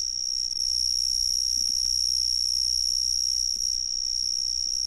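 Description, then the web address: Cicadas singing a steady, unbroken high-pitched whine with a faint low hum beneath. "The Ridges Sanctuary. cicadas"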